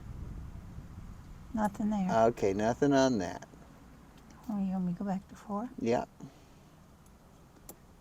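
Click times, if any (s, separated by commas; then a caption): 7.7 s. A pin tumbler in a padlock cylinder is lifted with a 2-in-1 pick while steady tension is held on the lock. Someone talks through the first six seconds, then it goes quiet. A sharp click at 7.7 s marks the pin setting at the shear line.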